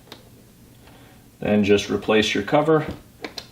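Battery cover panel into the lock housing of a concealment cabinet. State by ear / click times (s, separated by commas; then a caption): not seated / none. Someone handles the plastic battery-compartment cover panel of a Tactical Walls 1450M RFID-locked mirror concealment cabinet, pushing it back onto the lock housing after a CR123 battery has been fitted. Faint sharp ticks sound near 0.1 s, 3.2 s and 3.4 s, and someone talks from about 1.4 to 2.9 s. Nothing has seated or clicked into place yet.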